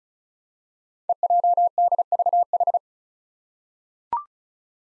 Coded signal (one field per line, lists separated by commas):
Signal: Morse code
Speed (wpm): 36 wpm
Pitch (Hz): 700 Hz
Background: none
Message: EJDVH